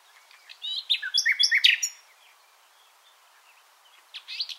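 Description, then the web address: Common nightingale song, a short jumble of rich chirps and warbles, then a quiet gap and a brief closing burst. "SETE Luscinia megarhynchos"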